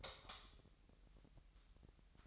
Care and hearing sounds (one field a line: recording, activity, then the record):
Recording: daily activity, microphone in the room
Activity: light off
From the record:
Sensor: 3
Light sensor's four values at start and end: 12/33/15/13 and 6/13/5/6